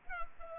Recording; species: mosquito wingbeat signal from an infrared sensor; Culex pipiens